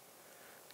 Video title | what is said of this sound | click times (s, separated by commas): Radial Meniscus Rip-Stop Repair With FiberStitch™ Implants | wheel then I roll forward until I hear a click it's very palpable there's the click so | 0.7 s